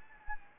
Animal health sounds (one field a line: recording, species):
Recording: mosquito wingbeat signal from an infrared sensor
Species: Anopheles gambiae